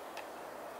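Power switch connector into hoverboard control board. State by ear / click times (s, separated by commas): not seated / none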